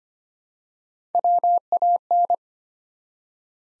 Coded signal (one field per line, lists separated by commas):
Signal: Morse code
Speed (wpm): 25 wpm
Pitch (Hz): 700 Hz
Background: none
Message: WAN